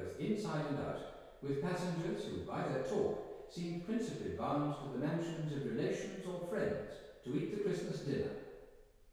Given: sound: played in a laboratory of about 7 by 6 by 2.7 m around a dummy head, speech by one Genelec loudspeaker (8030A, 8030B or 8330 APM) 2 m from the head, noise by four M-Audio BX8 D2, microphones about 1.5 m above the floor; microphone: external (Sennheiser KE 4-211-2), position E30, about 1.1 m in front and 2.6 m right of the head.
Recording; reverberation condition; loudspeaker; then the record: male speech in English; high; 30 degrees to the right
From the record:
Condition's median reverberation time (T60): about 1300 ms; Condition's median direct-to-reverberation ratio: about -4.0 dB